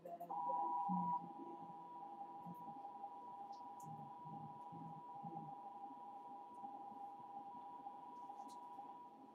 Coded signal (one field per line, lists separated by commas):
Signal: RTTY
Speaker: kind of read the message that's coming across the radio teletype right now I'll turn the volume back on